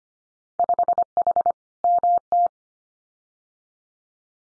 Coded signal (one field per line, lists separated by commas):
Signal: Morse code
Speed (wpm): 25 wpm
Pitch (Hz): 700 Hz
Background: none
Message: 5H MT